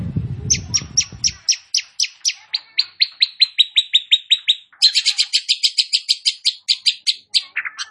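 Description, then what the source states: Long-tailed shrike song: steady train of crisp high notes several per second, shifting into a fuller rattling series before ending on lower notes; low rumble at the start. Described as gacor, singing actively.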